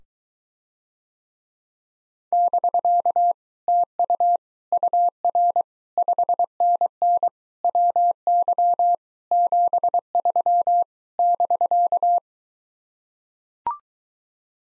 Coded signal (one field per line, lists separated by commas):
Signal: Morse code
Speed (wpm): 24 wpm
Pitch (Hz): 700 Hz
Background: none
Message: <BK> TU UR 5NN WY 73 <BK>